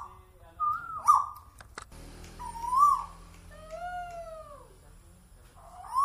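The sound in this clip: Bird song: softer whistled notes and a pair of long descending slurs, with a few sharp clicks in between.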